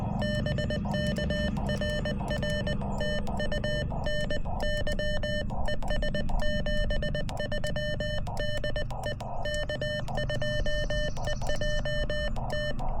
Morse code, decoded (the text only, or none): BK RR TU NY ES 73 DE K2EJT